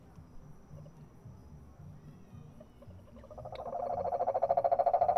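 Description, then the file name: Cane toad trill starting midway, a rapid pulsed purr that swells louder toward the end, after a quiet stretch of low rumble. Several cane toads recorded in San Jose, Costa Rica, on 17 July 2017. "2017-07-17 Cane Toads San Jose CR"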